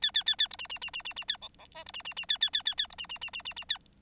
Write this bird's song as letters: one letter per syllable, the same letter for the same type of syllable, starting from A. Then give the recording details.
A A A A B C C C C C C A D D E B C C C A A A A A B C C C C C C A. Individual Bird9